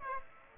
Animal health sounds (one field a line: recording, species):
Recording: mosquito wingbeat signal from an infrared sensor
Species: Aedes aegypti